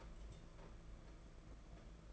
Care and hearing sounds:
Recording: daily activity, microphone in the room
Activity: take from stove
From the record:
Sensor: 5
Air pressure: 992.1 hPa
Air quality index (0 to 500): 211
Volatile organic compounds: 1000 ppm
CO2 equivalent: 6106 ppm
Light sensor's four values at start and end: 6/15/6/6 and 6/15/6/6

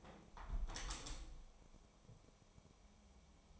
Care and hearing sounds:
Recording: daily activity, microphone in the room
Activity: close window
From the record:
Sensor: 1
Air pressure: 1014.9 hPa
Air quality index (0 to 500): 28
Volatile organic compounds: 1 ppm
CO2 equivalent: 523 ppm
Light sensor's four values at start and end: 11/26/10/11 and 10/25/10/11

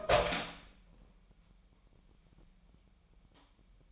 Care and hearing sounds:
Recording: daily activity, microphone in the room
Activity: open door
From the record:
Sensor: 1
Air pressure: 998.5 hPa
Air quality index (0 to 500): 128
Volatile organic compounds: 3 ppm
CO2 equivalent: 1524 ppm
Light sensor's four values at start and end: 20/65/26/27 and 20/64/26/26

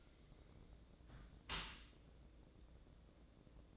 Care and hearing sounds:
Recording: daily activity, microphone in the room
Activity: close dishwasher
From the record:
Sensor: 3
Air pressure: 1012.3 hPa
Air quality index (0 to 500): 154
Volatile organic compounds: 2 ppm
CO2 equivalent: 1185 ppm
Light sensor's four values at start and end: 406/991/405/391 and 399/974/398/383

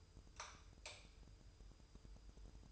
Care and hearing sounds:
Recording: daily activity, microphone in the room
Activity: light off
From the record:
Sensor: 2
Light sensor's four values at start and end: 11/34/13/13 and 6/16/6/7

